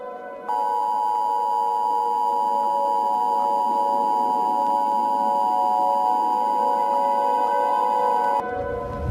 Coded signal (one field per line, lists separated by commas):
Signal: Emergency Alert System (SAME) tones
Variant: 853 and 960 Hz attention tone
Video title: Random EAS video I made